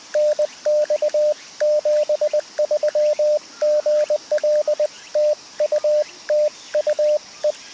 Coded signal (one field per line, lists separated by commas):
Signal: Morse code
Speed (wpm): 19 wpm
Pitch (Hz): 610 Hz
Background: radio noise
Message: NX 73 GL TU TU E